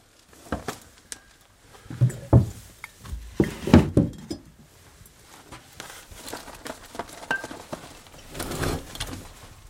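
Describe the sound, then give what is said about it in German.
Glass items clink and knock together in a series of irregular bright taps as they are taken out of shopping bags and put into a wardrobe, mixed with rustling and handling noises, loudest in the middle, then softer shuffling toward the end. “Er nimmt das Klirrzeug aus den Einkaufstaschen, stellt es in seinen Kleiderschrank in seinem Zimmer.”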